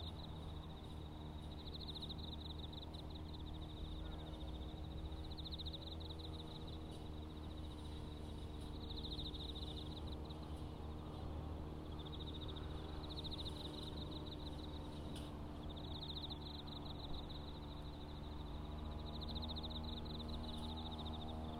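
A grass mower drones steadily through the whole clip, a low, even engine hum that never lets up. Above it, autumn insects call in high, buzzing trills that come in bursts every few seconds, pausing briefly between each run.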